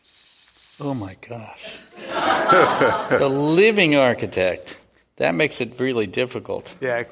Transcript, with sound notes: Oh my gosh.
[Laughter]
The living architect. That makes it really difficult.